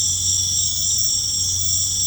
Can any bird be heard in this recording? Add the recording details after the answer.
no. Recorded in pastures near Puerto Asís, Putumayo, Colombia, on 15 December 2024 at 19:30. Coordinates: 0.505, -76.324. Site G063